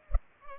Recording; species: mosquito wingbeat signal from an infrared sensor; Culex pipiens